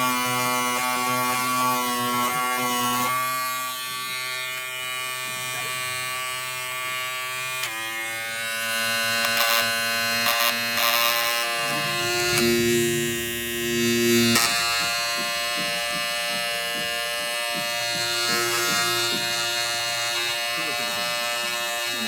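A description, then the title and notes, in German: An electric shaver hums steadily, its buzzing pitch shifting around 3, 8 and 12 seconds as it presses against skin. Mit #Rasierer.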